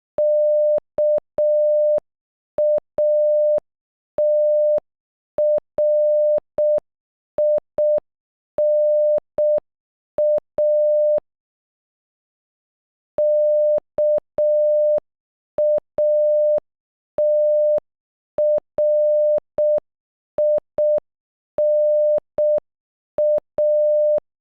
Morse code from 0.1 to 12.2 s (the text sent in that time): KATRINA